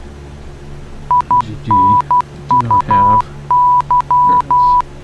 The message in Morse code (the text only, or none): INUY